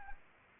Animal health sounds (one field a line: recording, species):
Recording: mosquito wingbeat signal from an infrared sensor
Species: Anopheles arabiensis